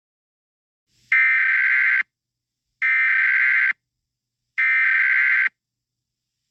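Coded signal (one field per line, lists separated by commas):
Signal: Emergency Alert System (SAME) tones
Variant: header bursts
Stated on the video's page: Simulated EAS scenario, not a real alert.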